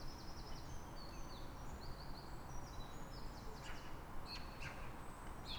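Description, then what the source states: Birds give thin, high whistled notes, some slurred and drawn out, with a few sharp chirps, over a broad low traffic rumble. Calm morning, 3 May, Fresnes, Île-de-France, France; background noise from the ring road.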